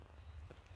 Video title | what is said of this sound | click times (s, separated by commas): Setting a T-Rex rat trap | you just push the ends of the trap back until you hear it click like that and then it's set so | 0.5 s, 0.7 s